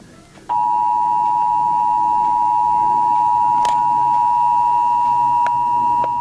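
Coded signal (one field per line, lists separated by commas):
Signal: Emergency Alert System (SAME) tones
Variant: 853 and 960 Hz attention tone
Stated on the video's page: Statewide EAS test, third statewide test that year.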